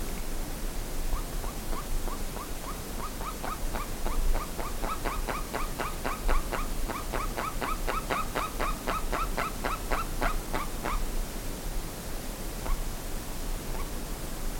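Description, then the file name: Bird giving a run of short hooked yelps that starts slowly, speeds to a fast steady series, then stops abruptly, followed by a couple of stray notes, with a low rumble beneath. "SABIOD 50 bird 2015"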